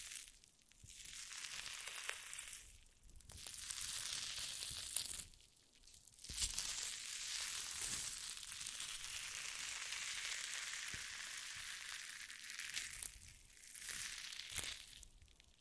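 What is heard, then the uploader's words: Jelly being squished and worked makes a dense, wet crackling and squelching, bright and hissy, that runs in long stretches. Brief pauses break it up near 2, 5.5, 13 and 15 seconds, and a soft low thump lands around 6 seconds. ASMR Stress Relieving Jelly Sounds For Sleep.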